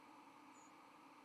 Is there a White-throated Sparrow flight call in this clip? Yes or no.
yes